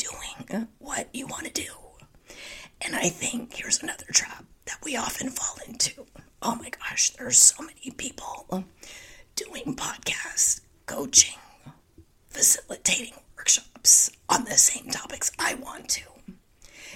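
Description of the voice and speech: Adult woman speaking in a largely whispered, breathy voice with only brief voiced stretches and frequent pauses. She has spasmodic dysphonia and is working to get back into the habit of not whispering.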